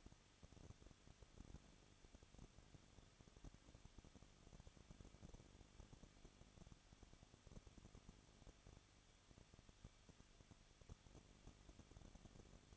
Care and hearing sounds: daily activity, microphone in the room; no activity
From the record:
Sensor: 4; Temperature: 23.0 degrees Celsius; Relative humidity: 34.4%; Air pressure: 1007.3 hPa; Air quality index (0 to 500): 216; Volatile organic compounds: 15 ppm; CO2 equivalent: 2508 ppm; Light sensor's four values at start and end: 2/3/1/1 and 2/3/1/1

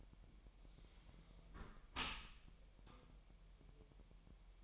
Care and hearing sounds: daily activity, microphone in the room; close dishwasher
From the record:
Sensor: 1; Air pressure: 1000.6 hPa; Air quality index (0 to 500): 247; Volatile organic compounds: 140 ppm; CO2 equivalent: 3979 ppm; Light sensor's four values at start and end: 11/28/11/12 and 11/28/11/12

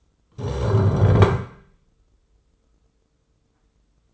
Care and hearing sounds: daily activity, microphone in the room; stand up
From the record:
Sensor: 3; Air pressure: 996.0 hPa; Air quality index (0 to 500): 245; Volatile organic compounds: 1000 ppm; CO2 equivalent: 6259 ppm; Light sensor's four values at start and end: 40/98/43/46 and 39/95/41/44

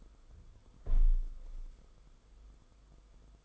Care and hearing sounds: daily activity, microphone in the room; close window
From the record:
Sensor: 5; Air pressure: 990.5 hPa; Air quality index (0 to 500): 164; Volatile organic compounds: 306 ppm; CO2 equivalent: 4494 ppm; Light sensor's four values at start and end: 17/40/16/18 and 17/40/16/18

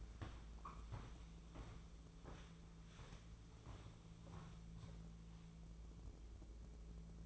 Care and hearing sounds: daily activity, microphone in the room; walk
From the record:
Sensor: 1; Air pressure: 1005.5 hPa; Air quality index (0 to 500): 126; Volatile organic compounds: 5 ppm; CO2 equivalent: 1765 ppm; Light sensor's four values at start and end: 11/27/11/12 and 11/25/10/11

